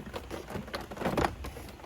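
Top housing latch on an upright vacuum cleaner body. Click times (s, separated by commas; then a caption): 1.2 s. The plastic latch on the top housing of a Sanitaire S5000A upright vacuum cleaner is pulled back so the whole top can be rocked off. A series of light clattering ticks ends in a sharp click at 1.3 s as the latch releases open.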